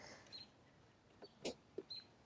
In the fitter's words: Clip them both in.